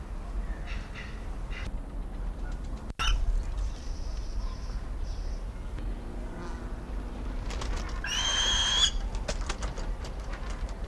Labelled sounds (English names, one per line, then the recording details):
Northern Hawk-Owl
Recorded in captivity
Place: Timmendorfer Strand, Holsteinische Schweiz, Schleswig-Holstein, DE
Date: 1992-09-21 15:30
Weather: sonnig, 22°C
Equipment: Marantz CP 430, Sennheiser ME 80, Kopie Tesla B 116
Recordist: Tembrock, Günter